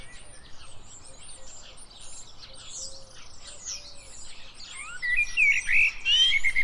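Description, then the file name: Common blackbird giving a fluty, warbled phrase near the end, after a quieter stretch of faint chirping. "Turdus merula"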